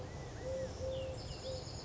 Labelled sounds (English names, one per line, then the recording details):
Eurasian Collared Dove
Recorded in Sonoma County, California